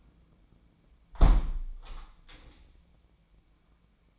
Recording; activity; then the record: daily activity, microphone in the room; close window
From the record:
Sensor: 1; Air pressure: 1012.4 hPa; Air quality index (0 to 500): 168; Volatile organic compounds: 3 ppm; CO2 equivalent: 1371 ppm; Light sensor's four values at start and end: 232/533/236/261 and 241/550/245/270